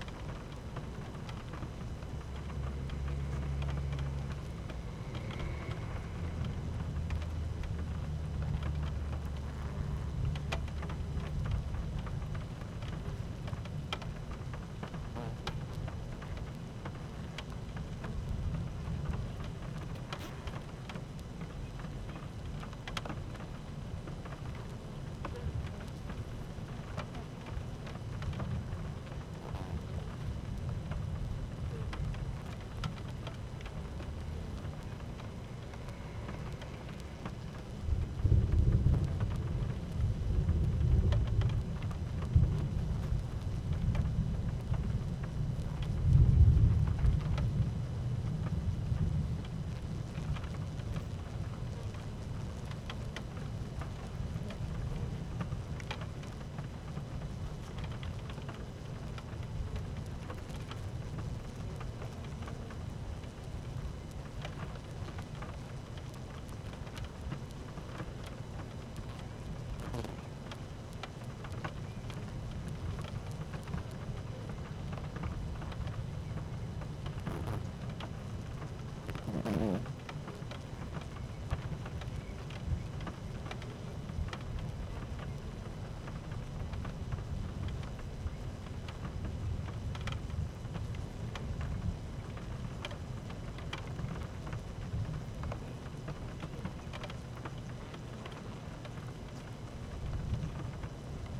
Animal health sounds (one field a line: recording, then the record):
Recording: honeybee colony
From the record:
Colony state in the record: active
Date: 12 June 2018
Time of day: 12:55